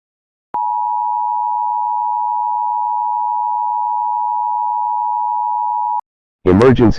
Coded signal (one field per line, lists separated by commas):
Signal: Emergency Alert System (SAME) tones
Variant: 853 and 960 Hz attention tone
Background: speech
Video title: Severe Derecho | EAS Scenario